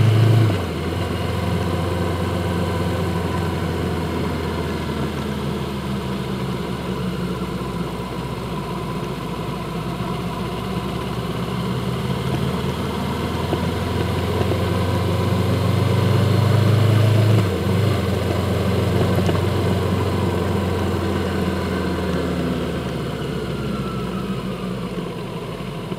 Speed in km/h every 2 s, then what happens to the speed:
34, 32, 27, 24, 24, 29, 35, 40, 44, 44, 37, 27, 21.
0-5 slows to 24. 8-18 speeds up to 44. 18-26 slows to 21.